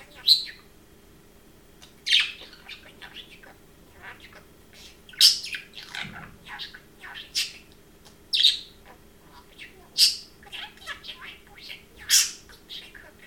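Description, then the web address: Parrot calling with loud squeaky chirps roughly every one to two seconds, mixed with softer mumbled warbling between them. Domestic pet parrot, chirping and talking. "domasen papagal curulika i govori"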